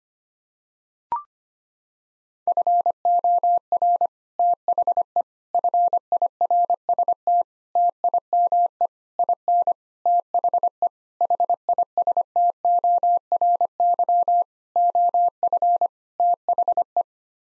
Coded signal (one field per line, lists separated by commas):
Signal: Morse code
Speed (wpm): 25 wpm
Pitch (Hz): 700 Hz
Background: none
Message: FOR THE FIRST TIME IN THE HISTORY OF THE